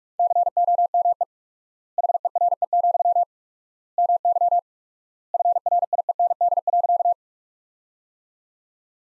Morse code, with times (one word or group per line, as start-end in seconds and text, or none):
0.2-1.2 COME
2.0-3.2 HERE,
4.0-4.6 MY
5.3-7.1 FRIEND.